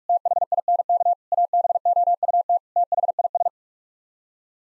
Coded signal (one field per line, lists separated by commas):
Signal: Morse code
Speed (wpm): 46 wpm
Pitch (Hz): 700 Hz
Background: none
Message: THINK ABOUT THIS